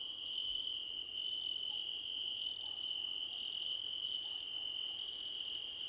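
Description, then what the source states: Crickets trilling steadily while higher pulsed chirp bursts start and stop every second or so. Crickets in a choir competition.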